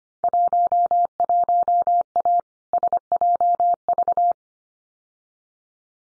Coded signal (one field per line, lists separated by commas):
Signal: Morse code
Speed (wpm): 25 wpm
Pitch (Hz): 700 Hz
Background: none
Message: 11A SJV